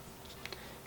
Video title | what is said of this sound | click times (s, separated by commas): Glock 17 Disassembly-Part 1 Slide - Thursday's Training Tip | simple they just kind of snap together | 0.4 s, 0.5 s